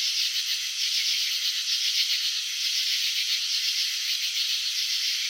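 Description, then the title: Cricket chirping as an unbroken high, scratchy pulsing, with some slightly louder bursts. Crickets chirping, filmed in slow motion showing wing vibrations and antenna movements. "Crickets in Slow Motion 📷. Capturing the Elegance of Chirping"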